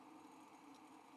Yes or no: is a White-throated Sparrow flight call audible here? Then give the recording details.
no. No flight call is heard. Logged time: 03:41 on 5 December 2014